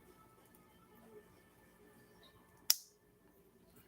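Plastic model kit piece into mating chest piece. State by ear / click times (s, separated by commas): seated / 2.7 s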